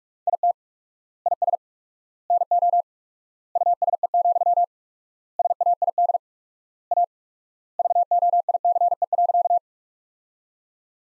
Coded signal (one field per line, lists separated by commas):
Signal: Morse code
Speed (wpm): 46 wpm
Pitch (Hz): 700 Hz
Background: none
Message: IT IS NO USE, SAID A VOICE.